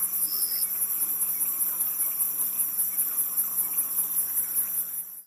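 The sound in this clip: Cricket giving a fast, high pulsing trill, with a brief thin tone near the start and a faint low hum throughout, before the sound cuts off.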